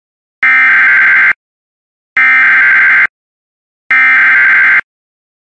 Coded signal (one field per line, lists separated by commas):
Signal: Emergency Alert System (SAME) tones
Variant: header bursts